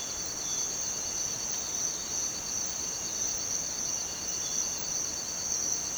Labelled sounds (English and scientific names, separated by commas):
none